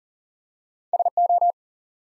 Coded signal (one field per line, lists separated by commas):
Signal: Morse code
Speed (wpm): 39 wpm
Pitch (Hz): 700 Hz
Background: none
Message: S O